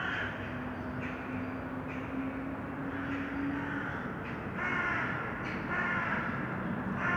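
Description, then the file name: Crows cawing in short harsh bursts, with a steady low hum running through the first half and continuous background noise. Urban crows. "Detunized - Urban Crows"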